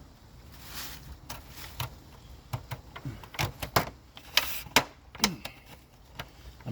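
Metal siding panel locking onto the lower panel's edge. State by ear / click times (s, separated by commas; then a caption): not seated / none. Repeated pushes on a deformed aluminum siding panel, trying to lock it onto the lower panel's edge, produce sharp metallic snaps at about 1.8, 3.4, 3.8, 4.4, 4.8 and 5.2 seconds. Each snap is the panel trying to click in, but it never seats and nothing has clicked into place yet.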